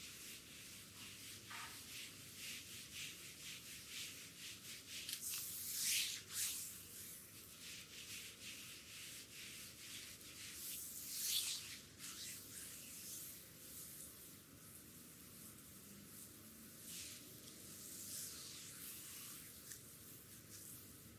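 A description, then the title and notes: Dry brush strokes sweep across skin in a steady, scratchy rhythm, each pass a soft bristly hiss. Louder, brighter strokes surge around five to six seconds and again near eleven seconds, then settle back into gentler, continuous brushing with a faint low rumble underneath. ASMR full body massage with dry brush. Back, foot, neck massage.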